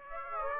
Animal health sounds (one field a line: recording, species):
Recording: mosquito wingbeat signal from an infrared sensor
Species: Aedes aegypti